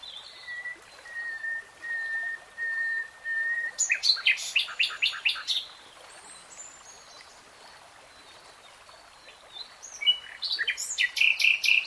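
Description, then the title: Nightingale song: soft repeated whistled notes, then a loud run of rattles and chuckles, a quiet gap, and a final burst of sharp high trills. Real-time recording, not slowed. "[Tiếng chim hót] REALTIME Nightingale Singing"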